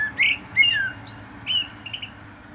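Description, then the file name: Common blackbird phrase of a few clear, fluty notes sliding down, then a soft high squeaky twitter at the end. "Turdus merula"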